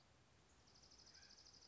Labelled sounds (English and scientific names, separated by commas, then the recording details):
Dark-eyed Junco (Junco hyemalis)
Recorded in Sonoma County, California